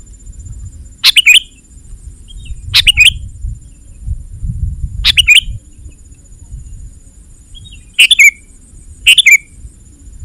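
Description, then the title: Sooty-headed bulbul calling with brisk chirped notes, five short bursts arriving at uneven intervals, low rumbling noise and a thin steady hum behind. "kutilang"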